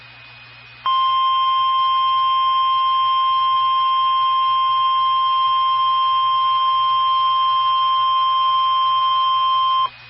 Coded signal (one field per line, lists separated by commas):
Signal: Emergency Alert System (SAME) tones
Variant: 1050 Hz attention tone